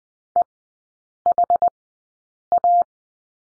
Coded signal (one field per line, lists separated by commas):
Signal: Morse code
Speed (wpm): 20 wpm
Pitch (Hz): 700 Hz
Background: none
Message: EHA